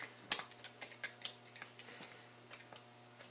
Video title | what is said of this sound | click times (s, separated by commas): Procon Pump Rebuild - TIG Cooler Project Part 1.5 | once you get it in, you can carefully push it down, and it'll snap in, snap right into place. | 0.3 s